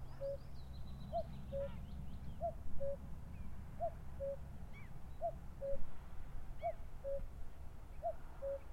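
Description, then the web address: Common cuckoo repeating its clear descending cu-coo about seven times at a steady pace, with faint high bird notes and a low background rumble. "chant xeno-canto coucou gris"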